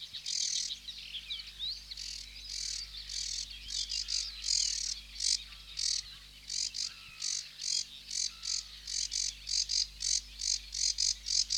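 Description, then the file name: Sedge warbler song: a fast, scratchy chatter of harsh buzzy notes and trills, breaking into repeated rhythmic bursts toward the end. "Sedge Warbler (Acrocephalus schoenobaenus)"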